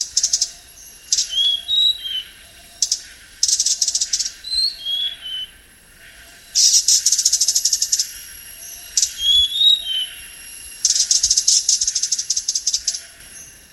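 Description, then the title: Blue-crowned hanging parrot calls: bursts of dry, buzzy, rattling chatter alternate with short thin whistles that dip in pitch. "SERINDIT"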